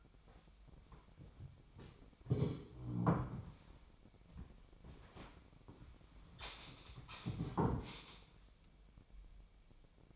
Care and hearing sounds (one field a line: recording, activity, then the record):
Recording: daily activity, microphone in the room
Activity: sit down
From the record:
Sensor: 1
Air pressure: 1008.0 hPa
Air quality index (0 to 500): 190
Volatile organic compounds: 17 ppm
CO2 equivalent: 2577 ppm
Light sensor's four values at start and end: 13/33/13/15 and 13/33/13/15